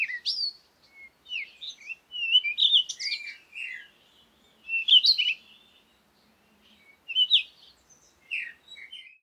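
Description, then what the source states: Birds chirping: bursts of quick, high, twittering notes and short slurred whistles, coming in clusters every second or two with brief silent gaps. Komati, Africa; recorded in the morning, with wind; birds close.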